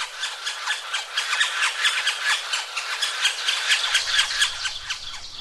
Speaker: Here's the sound of a yellow belly sapsucker that was recorded in western Massachusetts.